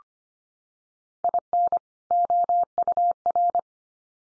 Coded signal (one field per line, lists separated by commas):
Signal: Morse code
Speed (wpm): 25 wpm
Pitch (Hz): 700 Hz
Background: none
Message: IN OUR